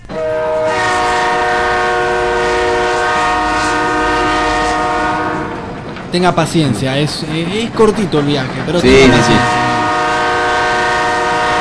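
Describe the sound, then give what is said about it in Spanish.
A loud, steady train horn blares with stacked harmonic tones, cuts out while a man talks briefly, then the sustained horn resumes over rumbling rail noise. “Esa bocina me está dejando sordo.”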